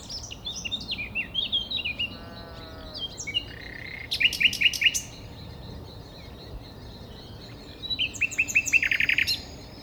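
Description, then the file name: Common nightingale song: varied whistled notes, a low soft rattle, then bursts of rapid repeated notes. "Luscinia megarhynchos"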